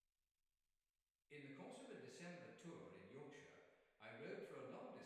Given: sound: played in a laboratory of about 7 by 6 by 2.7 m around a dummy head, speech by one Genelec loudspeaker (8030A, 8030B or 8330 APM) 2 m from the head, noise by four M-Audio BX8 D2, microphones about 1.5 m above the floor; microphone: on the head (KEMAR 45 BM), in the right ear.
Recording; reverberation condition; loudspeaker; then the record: male speech in English; high; 30 degrees to the left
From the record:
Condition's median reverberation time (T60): about 1300 ms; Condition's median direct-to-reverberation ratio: about -4.0 dB